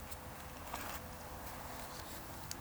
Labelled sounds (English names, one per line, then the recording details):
Eurasian Woodcock whistle
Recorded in Baden-Württemberg, Germany, on 8 June 2020 at 19:59 UTC
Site 44842, 218 m above sea level